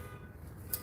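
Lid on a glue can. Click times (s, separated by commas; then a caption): 0.7 s. A tight lid on a can of glue is loosened by tapping the bottom of the can. Over a low background rumble, a sharp bright pop sounds at 0.7 s as the lid releases.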